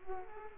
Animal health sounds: mosquito wingbeat signal from an infrared sensor; Culex quinquefasciatus

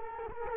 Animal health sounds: mosquito wingbeat signal from an infrared sensor; Culex quinquefasciatus

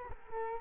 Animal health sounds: mosquito wingbeat signal from an infrared sensor; Culex quinquefasciatus

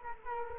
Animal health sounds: mosquito wingbeat signal from an infrared sensor; Culex quinquefasciatus

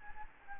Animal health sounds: mosquito wingbeat signal from an infrared sensor; Anopheles gambiae

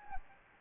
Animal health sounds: mosquito wingbeat signal from an infrared sensor; Anopheles gambiae

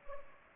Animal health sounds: mosquito wingbeat signal from an infrared sensor; Culex pipiens

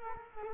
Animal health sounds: mosquito wingbeat signal from an infrared sensor; Culex quinquefasciatus

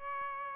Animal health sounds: mosquito wingbeat signal from an infrared sensor; Aedes albopictus

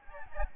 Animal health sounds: mosquito wingbeat signal from an infrared sensor; Aedes albopictus

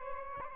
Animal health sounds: mosquito wingbeat signal from an infrared sensor; Aedes albopictus

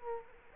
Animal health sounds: mosquito wingbeat signal from an infrared sensor; Culex quinquefasciatus

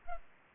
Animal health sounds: mosquito wingbeat signal from an infrared sensor; Culex pipiens

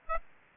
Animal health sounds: mosquito wingbeat signal from an infrared sensor; Aedes aegypti

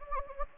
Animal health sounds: mosquito wingbeat signal from an infrared sensor; Anopheles gambiae

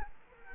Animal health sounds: mosquito wingbeat signal from an infrared sensor; Culex quinquefasciatus

